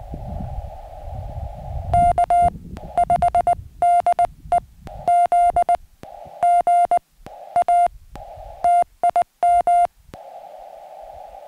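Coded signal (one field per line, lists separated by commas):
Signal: Morse code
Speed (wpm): 20 wpm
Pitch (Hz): 700 Hz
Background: music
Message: K 5 DE ZG A TIM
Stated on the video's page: Morse sent with a homebrew pressure paddle on a QRP five-band linked dipole during a Summits on the Air summit activation.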